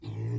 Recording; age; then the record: pig call; weaner (32 to 43 days)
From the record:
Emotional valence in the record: positive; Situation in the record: positive conditioning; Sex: female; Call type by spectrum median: low-frequency call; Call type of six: low-frequency stable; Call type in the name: low-frequency stable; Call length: 0.39 s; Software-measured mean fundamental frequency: 55 Hz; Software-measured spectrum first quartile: 113 Hz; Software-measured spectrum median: 151 Hz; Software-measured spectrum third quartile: 358 Hz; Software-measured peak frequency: 116 Hz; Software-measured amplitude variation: 103 dB a second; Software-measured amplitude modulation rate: 28.3 a second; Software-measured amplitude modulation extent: 3.6 dB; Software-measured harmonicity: 8.5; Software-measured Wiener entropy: -0.42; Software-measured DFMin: 702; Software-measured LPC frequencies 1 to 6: 1990, 2555, 3510, 4006, 4768, 5625 Hz